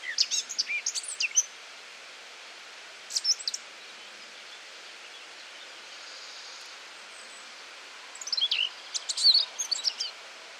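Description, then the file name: Eurasian blackcap singing high, scratchy warbled phrases: a burst at the start, a short one near three seconds, then a longer run near the end, with quiet hiss between. "Sylvia atricapilla"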